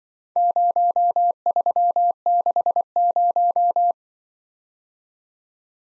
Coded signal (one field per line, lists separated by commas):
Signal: Morse code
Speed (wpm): 25 wpm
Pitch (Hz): 700 Hz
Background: none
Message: 0360